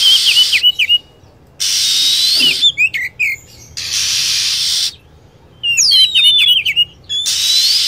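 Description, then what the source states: Lovebird chirping, quick trills and sharp high notes in short bursts, with alternating blocks of hiss and quiet. Lure recording meant to attract lovebirds.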